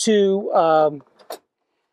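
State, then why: Seated. Someone talks, then the slide-out gear tray in the garage of a Mercedes Sprinter van conversion is pulled partway out. A faint sound comes at 1.2 s, and a sharp click at 1.3 s as one of its two clips latches the tray at the halfway stop, locking it in place.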